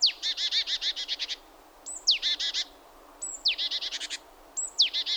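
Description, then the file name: Great tit scolding call: four bouts of rapid buzzy churr, most starting with a thin high note dropping into it, repeated roughly every second and a half. "Parus major"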